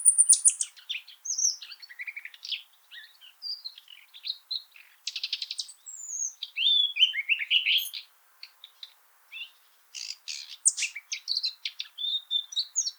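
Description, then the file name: Common nightingale singing a rich medley of whistles, buzzy rattles and sweeping notes, with a short silence past the middle. "Luscinia megarhynchos"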